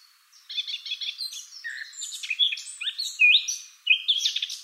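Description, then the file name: Eurasian blackcap song, a lively run of scratchy twittering notes that builds into louder, clearer whistled phrases and carries on to the end. "Sylvia atricapilla"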